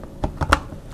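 Someone presses the lens release button on the side of a Canon 7D DSLR body and twists the lens off its bayonet mount. Soft mechanical taps come at about 0.2 and 0.4 s, then a sharp click at 0.5 s as the mount lets go and the lens is released.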